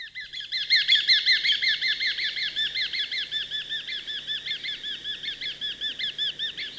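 Eurasian hobby call, an unbroken run of high, clipped notes repeated quickly and evenly, rising in strength over the first second and then easing slightly.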